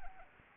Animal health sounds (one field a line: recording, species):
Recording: mosquito wingbeat signal from an infrared sensor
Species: Anopheles arabiensis